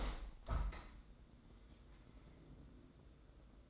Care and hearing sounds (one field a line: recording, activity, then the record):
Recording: daily activity, microphone in the room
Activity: open window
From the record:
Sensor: 3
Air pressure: 1012.3 hPa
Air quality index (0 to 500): 108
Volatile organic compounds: 1 ppm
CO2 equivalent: 850 ppm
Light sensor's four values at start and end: 175/422/172/159 and 175/420/172/159